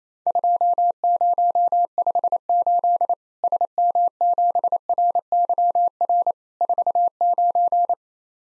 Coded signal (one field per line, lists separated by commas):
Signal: Morse code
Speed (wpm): 28 wpm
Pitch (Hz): 700 Hz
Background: none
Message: 2058 SM7RYR 49